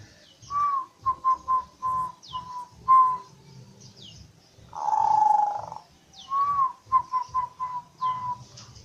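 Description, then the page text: Zebra dove cooing song: a rising note then a rapid run of short soft coos near one pitch, a long purring trill midway, then the cooing run again; low rhythmic thumping beneath. Manggung song of local and Bangkok zebra doves, used for luring birds. "suara perkutut manggung gacor dari jenis perkutut lokal atau asli dan bangkok untuk pikat"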